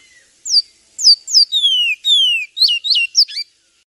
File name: suara burung twatwa omkicau